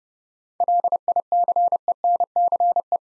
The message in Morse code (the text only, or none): LICENCE